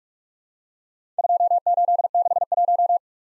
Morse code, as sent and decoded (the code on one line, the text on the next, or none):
..--- ---.. -.... .----
2861